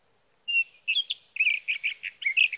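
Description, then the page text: Sage thrasher song: a steady whistled note followed by a rapid run of burry warbled phrases. Male singing at night near his night roost, from evening of June 12 to morning of June 15, 2018, in Sierra Valley, California; recorded with a Swift recorder. "Sage thrasher songs, through the night. For three nights, from the evening of June 12 to the morning of June 15, 2018, in Sierra Valley, California, I placed a Swift recorder near a male's night roost."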